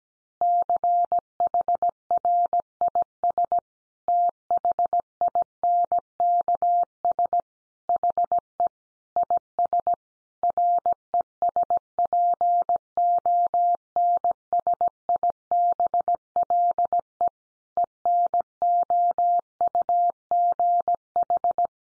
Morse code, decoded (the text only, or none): CHRIS THINKS HE IS RESPONSIBLE ENOUGH